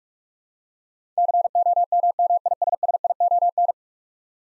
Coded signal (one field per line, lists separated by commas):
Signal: Morse code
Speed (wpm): 46 wpm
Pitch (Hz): 700 Hz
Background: none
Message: COMMISSION